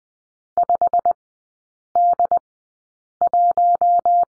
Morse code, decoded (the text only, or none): 5D1